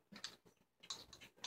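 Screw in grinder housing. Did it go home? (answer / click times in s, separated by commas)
no / 0.2 s, 0.8 s, 0.9 s, 1.1 s, 1.4 s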